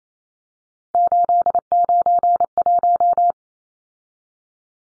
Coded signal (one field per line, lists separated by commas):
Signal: Morse code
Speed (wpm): 28 wpm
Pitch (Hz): 700 Hz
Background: none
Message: 891